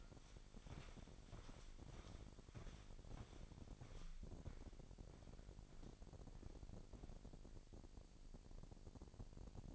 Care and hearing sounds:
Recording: daily activity, microphone in the room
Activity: walk to room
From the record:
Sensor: 5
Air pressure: 1012.4 hPa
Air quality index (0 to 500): 238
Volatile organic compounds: 4 ppm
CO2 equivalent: 1586 ppm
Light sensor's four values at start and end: 57/130/56/60 and 59/139/58/61

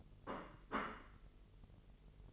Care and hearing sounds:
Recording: daily activity, microphone in the room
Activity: place plate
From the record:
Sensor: 4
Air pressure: 1002.9 hPa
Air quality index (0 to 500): 248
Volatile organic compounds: 20 ppm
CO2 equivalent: 2686 ppm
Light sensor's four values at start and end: 5/12/4/5 and 5/12/4/5

